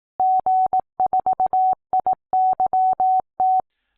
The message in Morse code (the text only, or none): G4IYT